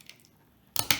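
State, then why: Seated. A plastic snap-circuit switch module with metal snap connectors is pressed onto the other end of a wire block on a kit's base plate. After faint small ticks, two loud, sharp snaps ring out at 0.8 and 0.9 seconds. The switch seats onto the wire block.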